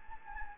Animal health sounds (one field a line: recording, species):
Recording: mosquito wingbeat signal from an infrared sensor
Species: Anopheles gambiae